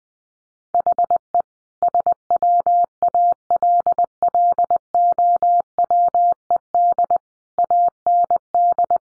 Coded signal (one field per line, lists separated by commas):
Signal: Morse code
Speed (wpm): 20 wpm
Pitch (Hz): 700 Hz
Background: none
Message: HE SWALLOWED AND